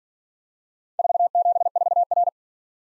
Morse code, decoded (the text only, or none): 474R